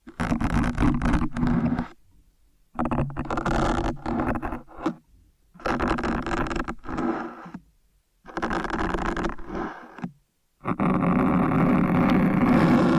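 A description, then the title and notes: Loud scratching and scraping comes in bursts of about two seconds, split by short silent gaps. Each burst is dense and gritty with a low rumble underneath. The final burst, from about ten and a half seconds, runs unbroken to the end. Intense Ear Stimulation Ear Cleaning, Kinetic Sand, Piercing Sounds (No Talking).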